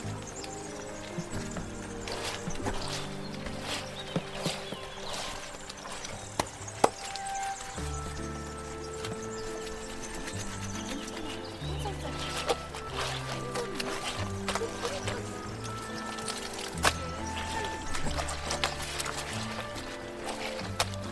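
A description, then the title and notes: Clothes are washed at a stream with a wooden paddle, its sharp knocks landing irregularly every second or two, with louder strikes near 7 and 17 seconds. A steady rushing wash and shifting low murmurs, like voices, continue underneath throughout. Traditional korean folk village ambience. Washing clothes on stream/ washing paddle.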